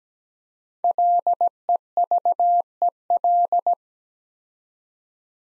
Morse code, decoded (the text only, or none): LEVEL